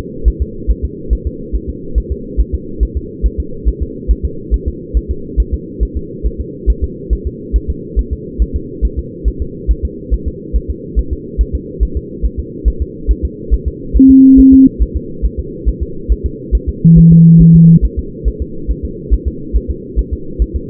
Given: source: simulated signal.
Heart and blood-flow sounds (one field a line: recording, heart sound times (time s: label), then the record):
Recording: fetal heart sounds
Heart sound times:
0.28 s: S1
0.42 s: S2
0.71 s: S1
0.85 s: S2
1.13 s: S1
1.27 s: S2
1.55 s: S1
1.70 s: S2
1.98 s: S1
2.12 s: S2
2.40 s: S1
2.55 s: S2
2.83 s: S1
2.97 s: S2
3.26 s: S1
3.40 s: S2
3.69 s: S1
3.83 s: S2
4.11 s: S1
4.25 s: S2
4.54 s: S1
4.68 s: S2
4.97 s: S1
5.11 s: S2
5.40 s: S1
5.54 s: S2
5.83 s: S1
5.97 s: S2
6.26 s: S1
6.41 s: S2
6.70 s: S1
6.84 s: S2
7.13 s: S1
7.27 s: S2
7.56 s: S1
7.70 s: S2
7.99 s: S1
8.13 s: S2
8.42 s: S1
8.56 s: S2
8.85 s: S1
8.99 s: S2
9.28 s: S1
9.42 s: S2
9.71 s: S1
9.85 s: S2
10.14 s: S1
10.28 s: S2
10.56 s: S1
10.70 s: S2
10.99 s: S1
11.13 s: S2
11.41 s: S1
11.55 s: S2
11.83 s: S1
11.97 s: S2
12.25 s: S1
12.40 s: S2
12.68 s: S1
12.82 s: S2
13.11 s: S1
13.25 s: S2
13.54 s: S1
13.68 s: S2
13.97 s: S1
14.11 s: S2
14.39 s: S1
14.54 s: S2
14.83 s: S1
14.97 s: S2
15.25 s: S1
15.39 s: S2
15.69 s: S1
15.83 s: S2
16.12 s: S1
16.26 s: S2
16.55 s: S1
16.69 s: S2
16.98 s: S1
17.12 s: S2
17.41 s: S1
17.56 s: S2
17.85 s: S1
17.99 s: S2
18.28 s: S1
18.42 s: S2
18.71 s: S1
18.85 s: S2
19.14 s: S1
19.28 s: S2
19.56 s: S1
19.71 s: S2
19.99 s: S1
20.13 s: S2
20.42 s: S1
20.56 s: S2
From the record:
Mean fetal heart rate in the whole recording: 140 bpm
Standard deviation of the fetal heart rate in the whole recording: 2 bpm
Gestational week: 34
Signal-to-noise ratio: -4.3 dB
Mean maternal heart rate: 72 bpm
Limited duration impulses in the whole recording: present